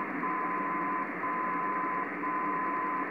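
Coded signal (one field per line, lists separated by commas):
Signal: radio time signal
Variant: DCF77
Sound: steady whistle in hiss, cut by short dropouts each second, roughly 0.1 and 0.2 s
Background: radio static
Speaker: it's coming in but not quite as strong as with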